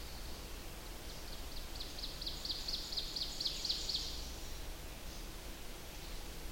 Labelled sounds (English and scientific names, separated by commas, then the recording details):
Ovenbird (Seiurus aurocapilla) song
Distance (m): 60 m
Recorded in boreal forest in Alberta, Canada, on 21 June 2016 at 05:42
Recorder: SongMeter 3, array SBT-6-81
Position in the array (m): 13 m, 88 m
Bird 24